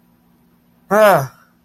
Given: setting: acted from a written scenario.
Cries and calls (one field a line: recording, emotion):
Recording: vocal sound without words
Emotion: fear